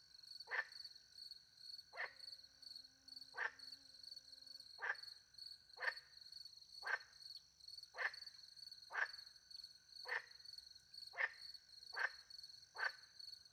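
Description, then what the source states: Frog uttering a long, fairly even series of about twelve short croaks, one per second, under a persistent cricket trill. Frogs with crickets at night in countryside beside a little pond in France; microphones hidden in a tree, two Usi Pro microphones into a MixPre-10 II recorder.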